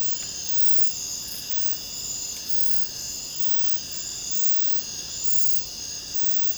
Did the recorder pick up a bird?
no